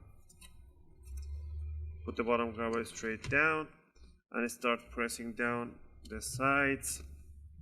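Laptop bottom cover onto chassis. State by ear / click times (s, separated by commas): not seated / none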